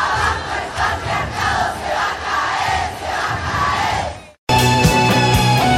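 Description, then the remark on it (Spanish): A large crowd of women at a Monday demonstration, protesting violence against women and highlighting their role in society and the economy, chants loudly in a steady, rhythmic cadence for about four seconds, then fades briefly into silence before music abruptly begins. “Las participantes de la manifestación de lunes también protestaron por la violencia contra la mujer.”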